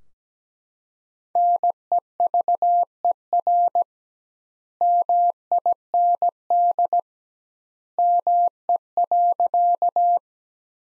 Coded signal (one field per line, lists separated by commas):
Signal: Morse code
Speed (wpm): 17 wpm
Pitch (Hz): 700 Hz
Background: none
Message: NEVER MIND ME.